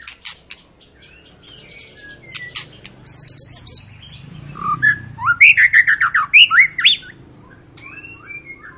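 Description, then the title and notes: White-rumped shama song: scattered clicks first, then a bright stretch of rising whistles and rapid repeated slurred notes, over a steady low background rumble. Lure song (pancingan) meant to make birds sing; long, gacor-style singing. "Pancingan Murai Batu Gacor Panjang. muraiku"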